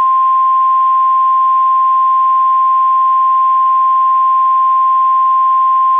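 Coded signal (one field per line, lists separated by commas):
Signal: Emergency Alert System (SAME) tones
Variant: 1050 Hz attention tone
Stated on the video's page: Fictional recreation of a Required Monthly Test using valid EAS tones, styled as SAGE ENDEC equipment.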